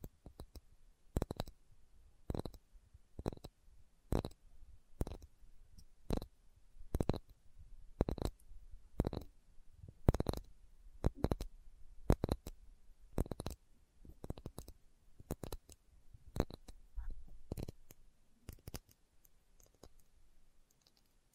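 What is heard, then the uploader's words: Slow tapping: sharp, crisp taps arrive at a steady pace of roughly one per second throughout, each a brief bright click with a soft low thud beneath. Between taps, quieter rustles and small knocks fill the gaps, growing a little busier toward the end. ASMR Slow Tapping for Deep Sleep (No Talking).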